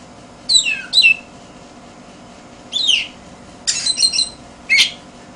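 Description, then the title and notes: Oriental magpie-robin giving short descending whistled phrases and harsh scratchy bursts, separated by short pauses. "suara kacer. kumpulan suara burung kacer"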